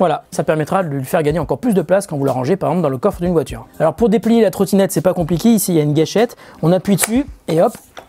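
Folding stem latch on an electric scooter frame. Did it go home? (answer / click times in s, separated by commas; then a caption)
no / none. Someone talks while pressing the trigger on the folding mechanism of a yeep.me 100 electric scooter, about to pull the stem up so the metal folding stem latch on the frame locks. Speech fills the clip, with a brief sharp sound right at the end. Nothing has seated or clicked yet; the clip ends just before the latch locks.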